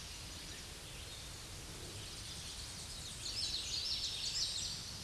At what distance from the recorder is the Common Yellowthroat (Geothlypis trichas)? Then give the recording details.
about 20 m. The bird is about 5 m above the microphone. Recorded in a Pennsylvania forest on 16 May 2024 at 07:20. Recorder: AudioMoth, point MSD-2107. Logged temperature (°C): 16.1 °C. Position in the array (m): 36 m, 145 m